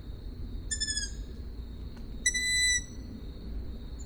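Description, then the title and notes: Owl calls: two high whistles; the first falls slightly, the second holds steady, about a second and a half apart, with low background rumble. Recorded at Židlochovice. "Sovy, Židlochovice, natočeno. Sovy v Židlochovicích, nahrál Tomáš Šenkyřík"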